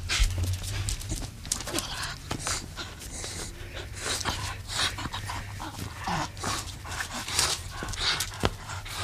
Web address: pit bull